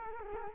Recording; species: mosquito wingbeat signal from an infrared sensor; Culex quinquefasciatus